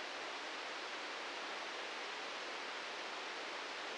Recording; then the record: brain microelectrode recording played as sound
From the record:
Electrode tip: outside the subthalamic nucleus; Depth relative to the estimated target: 4 mm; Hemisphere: left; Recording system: NeuroSet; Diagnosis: Parkinson's disease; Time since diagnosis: 15 years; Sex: male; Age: 65 years